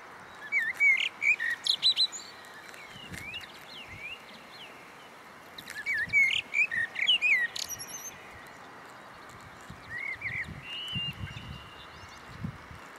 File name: Merle noir Turdus merula